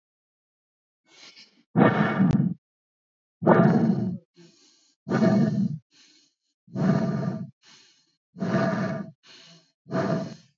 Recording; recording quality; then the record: shallow breathing; excellent, no background noise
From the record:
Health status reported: healthy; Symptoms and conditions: breathing difficulty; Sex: male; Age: 25 years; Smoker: not ticked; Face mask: not worn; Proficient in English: yes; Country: India